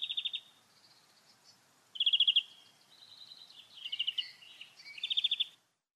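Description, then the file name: European greenfinch delivering rattling trills separated by softer twitters, with a bright trill near the end before the song stops. "Chloris chloris"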